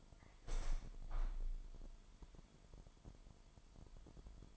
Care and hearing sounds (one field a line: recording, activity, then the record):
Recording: daily activity, microphone in the room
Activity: open window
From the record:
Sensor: 5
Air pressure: 998.7 hPa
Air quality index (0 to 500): 101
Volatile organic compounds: 2 ppm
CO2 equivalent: 1162 ppm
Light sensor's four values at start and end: 34/83/34/39 and 34/82/34/39